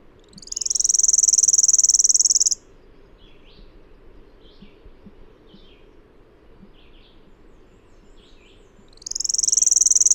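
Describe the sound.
Bird song: a fast, high trill, then soft, scattered chirps and faint clicks for several seconds, then the buzzy trill starting again.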